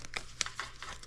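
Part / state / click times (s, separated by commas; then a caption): wiring harness connector or clip into its mount on the motorcycle frame / not seated / none. A wiring harness connector or clip is handled against its mount on the frame of a 2007 ZX6R motorcycle while the new harness is routed. Crinkling and rustling handling noise fills the clip, with sharp taps at 0.2 s and 0.4 s. Nothing has seated or clicked yet.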